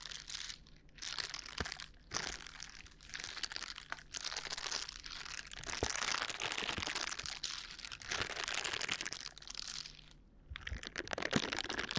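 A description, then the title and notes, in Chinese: Gloves of several kinds are rubbed together, making dense, bright crinkling and scratchy rustling that comes in long bursts. Short pauses break it up near 1, 2 and 10 seconds, and a faint, steady low hum runs underneath throughout. 多種手套的摩擦觸發音。Glove trigger for relaxing。NO Talking。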